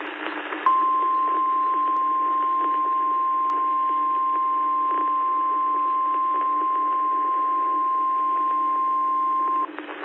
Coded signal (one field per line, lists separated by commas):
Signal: Emergency Alert System (SAME) tones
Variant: 1050 Hz attention tone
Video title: 2 Severe Thuderstorm Warning Double Header EAS From KLOE-FM 5/16/26